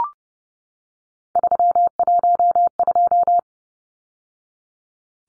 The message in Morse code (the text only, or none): 312